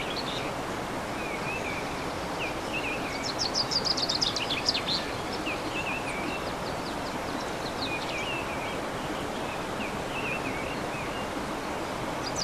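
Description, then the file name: Birdsong: several short trills and high chirping phrases around the middle, with thin whistled notes scattered throughout, over a steady broad hiss of background noise. Birdsong recorded 15 March 2014 on an MZ-N710 recorder. "MZ-N 710 Chants d oiseaux 15 03 14"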